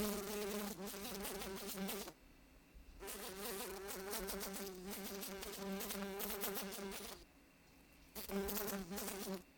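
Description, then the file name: Fly wing buzz in bursts: a long droning hum, a short pause, a longer wavering buzz, another pause, then a final burst. "la grosse mouche"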